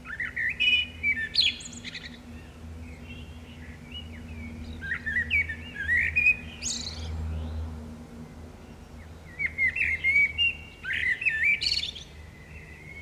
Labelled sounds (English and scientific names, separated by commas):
Common Blackbird (Turdus merula) song